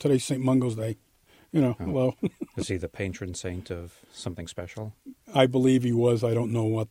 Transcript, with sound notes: Today's St. Mungo's Day," you know, "Oh, well." (Laughs)
Was he the patron saint of something special?
I believe he was, I don't know what though.